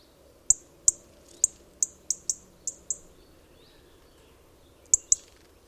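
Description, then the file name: European robin calls as a fast, uneven series of about eight sharp high ticks, a two-second gap, then two more, over a low background hum. "Erithacus rubecula"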